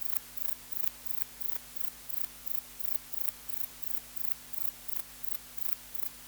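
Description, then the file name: Grey bush-cricket chirping: crisp, high buzzy pulses repeated at a regular fast pace, a steady humming tone beneath them. "Platycleis albopunctata"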